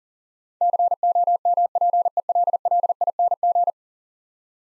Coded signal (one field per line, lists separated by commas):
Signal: Morse code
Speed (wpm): 40 wpm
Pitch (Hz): 700 Hz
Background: none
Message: COMPELLING